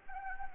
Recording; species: mosquito wingbeat signal from an infrared sensor; Anopheles arabiensis